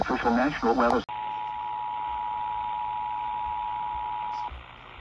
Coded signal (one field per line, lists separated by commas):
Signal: Emergency Alert System (SAME) tones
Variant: 853 and 960 Hz attention tone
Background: speech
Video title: Sterling Shenanigans...EAS Alerts From May 26, 2021 (EAS #1153-1166)